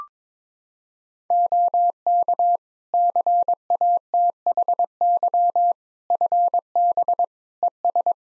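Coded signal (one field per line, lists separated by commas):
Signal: Morse code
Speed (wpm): 22 wpm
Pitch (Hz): 700 Hz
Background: none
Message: OK CATHY FB ES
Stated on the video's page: Morse at 22 wpm: practice one-sided QSO drill covering RST, QTH, name, rig, antenna, weather, age, occupation, each segment sent, spoken, then resent.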